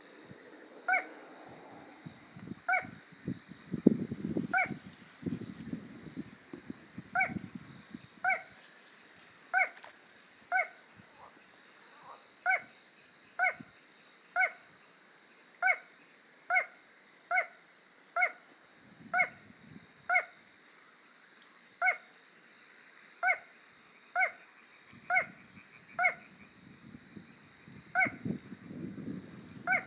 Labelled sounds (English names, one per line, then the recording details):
Little Crake song
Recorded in the wild
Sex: male
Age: adult
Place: Kützerhof, Kummerower See, Mecklenburg-Vorpommern, DE
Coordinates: 53.8556, 12.8639
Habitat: wetland
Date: 2010-06-08
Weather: 15°C, weak westerly winds
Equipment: Sound Devices 702, Sennheiser MKH 70, Rycote Windschutz
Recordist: Frommolt, Karl-Heinz